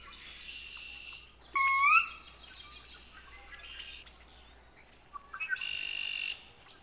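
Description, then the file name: Sora call: one rising whistled slur early on, followed by softer high chirping and a thin steady whistle near the end. Used for marsh bird monitoring survey training. "SORA-mmp training"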